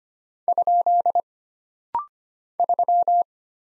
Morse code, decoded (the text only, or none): ? 3